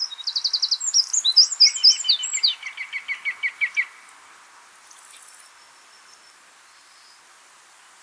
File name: Troglodytes troglodytes 190320